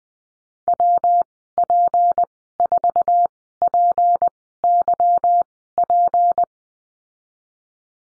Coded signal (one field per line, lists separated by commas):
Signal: Morse code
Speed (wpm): 20 wpm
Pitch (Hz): 700 Hz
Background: none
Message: WP4PYP